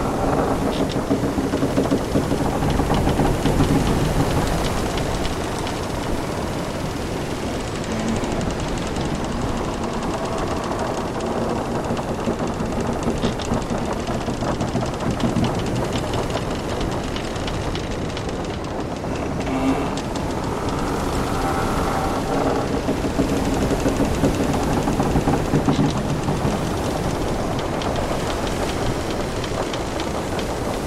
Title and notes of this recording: Sailing On a Pirate Ship. The creaking of the wooden planks, the flapping of sails, and the sounds of the waves lapping against the ship's hull